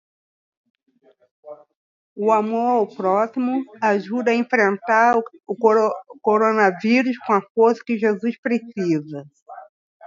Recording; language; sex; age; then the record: spoken sentence; Brazilian Portuguese; female; 60 to 69 years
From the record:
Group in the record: control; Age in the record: 65 years